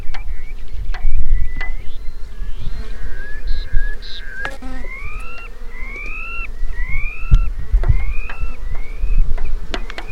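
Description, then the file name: Sandpiper calling with a series of rising, upslurred whistles, heard over a heavy low rumble and sharp clicks. "playeropicudo"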